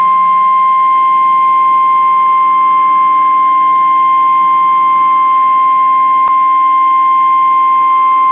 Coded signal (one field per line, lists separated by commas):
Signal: Emergency Alert System (SAME) tones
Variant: 1050 Hz attention tone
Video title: NOAA EAS CIVIL EMERGENCY MESSAGE REGARDING THE WANTED SUSPECT IN THE MALL SHOOTING 2/1/21